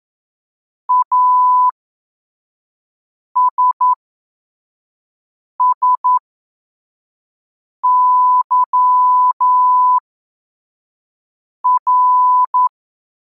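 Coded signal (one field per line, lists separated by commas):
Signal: Morse code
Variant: Russian alphabet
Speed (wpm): 11 wpm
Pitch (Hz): 1000 Hz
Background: none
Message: АССЫР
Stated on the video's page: Morse code lesson 12 with reception-practice texts at 3 groups per minute.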